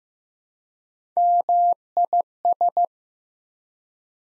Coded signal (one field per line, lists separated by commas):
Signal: Morse code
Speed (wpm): 15 wpm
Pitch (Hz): 700 Hz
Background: none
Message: MIS